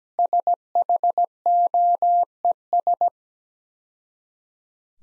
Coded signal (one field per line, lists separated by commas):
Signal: Morse code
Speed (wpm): 17 wpm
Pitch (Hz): 700 Hz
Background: none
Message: SHOES